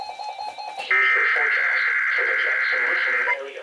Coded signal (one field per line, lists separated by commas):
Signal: Emergency Alert System (SAME) tones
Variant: header bursts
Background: speech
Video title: (EAS #961-972) Required Monthly Tests From 3/3/2024